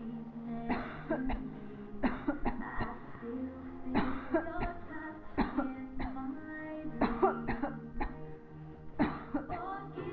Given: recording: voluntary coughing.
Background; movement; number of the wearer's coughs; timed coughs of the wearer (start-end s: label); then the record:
music; sitting; 14
0.67-1.19 s: cough
1.27-1.60 s: cough
2.00-2.40 s: cough
2.43-2.67 s: cough
2.78-3.12 s: cough
3.92-4.31 s: cough
4.60-4.93 s: cough
5.35-5.84 s: cough
5.84-6.26 s: cough
6.98-7.36 s: cough
7.46-7.84 s: cough
7.98-8.28 s: cough
8.97-9.45 s: cough
9.49-9.80 s: cough
From the record:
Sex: female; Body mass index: 22.6 kg/m2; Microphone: on the chest, facing the body